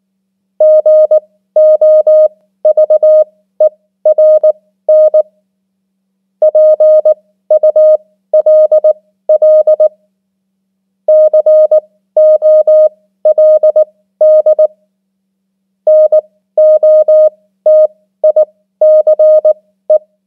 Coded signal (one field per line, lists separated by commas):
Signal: Morse code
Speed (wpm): 19 wpm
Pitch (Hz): 620 Hz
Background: none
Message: GOVERN PULL COLD NOTICE